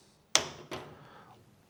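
Pressure is applied to both sides of the top of the plastic cover on the updated roller assembly of a GE dishwasher lower rack roller (part WD12X26146), and it clicks open sharply at 0.4 s. A second, softer sound follows at about 0.7 s as the cover is worked backwards to remove it, leaving the cover released.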